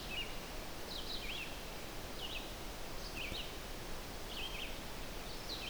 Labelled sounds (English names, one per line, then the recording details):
Red-eyed Vireo song
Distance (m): 55 m
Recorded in boreal forest in Alberta, Canada, on 12 June 2016 at 05:45
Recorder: SongMeter 3, array SBT-3-18
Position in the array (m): 238 m, 100 m